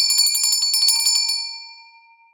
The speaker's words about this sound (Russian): Вдруг зазвенел серебряный колокольчик.